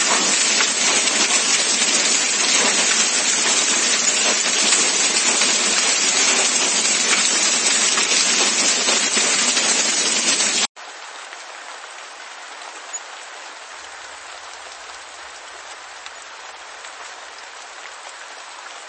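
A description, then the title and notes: Steady rain hisses densely and evenly for the first ten seconds, a bright wash of countless drops. Then it cuts abruptly to a much quieter, thinner rain that continues steadily to the end. RAINING (NATURAL SOUND).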